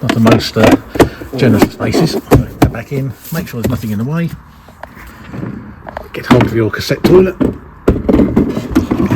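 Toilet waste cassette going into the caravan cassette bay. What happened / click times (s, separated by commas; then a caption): The plastic cassette is handled with no seating click / none. Someone talks while taking hold of a plastic toilet waste cassette and lining it up to slide it back into its bay in a caravan's outside locker. Short plastic handling knocks are heard, mostly around 4.8–6.0 s and 7.9–8.9 s. The cassette has not seated or clicked yet.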